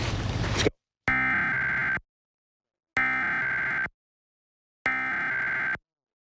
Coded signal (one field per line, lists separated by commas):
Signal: Emergency Alert System (SAME) tones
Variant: header bursts